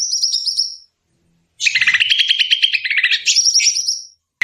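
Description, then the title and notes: Bird singing: a high trilled phrase, a pause, then a long buzzy rattling trill lower in pitch, ending with a return to high rapid trilled notes. Compilation of bird lure calls used to attract stubborn birds that are hard to approach. "Suara Burung Bandel Yang Susah Mendekati. Kompilasi Suara Pikat Burung"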